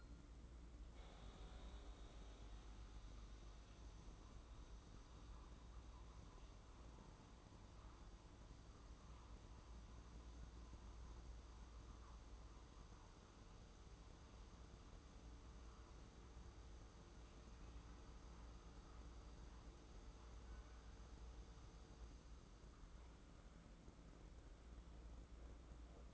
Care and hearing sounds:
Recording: daily activity, microphone in the room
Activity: make coffee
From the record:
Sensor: 3

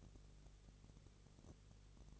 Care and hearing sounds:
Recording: daily activity, microphone in the room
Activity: no activity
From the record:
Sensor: 4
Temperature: 22.3 degrees Celsius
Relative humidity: 32.8%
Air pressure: 1002.0 hPa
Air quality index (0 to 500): 185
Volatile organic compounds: 4 ppm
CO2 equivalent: 1636 ppm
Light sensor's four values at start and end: 2/3/1/1 and 2/3/1/1

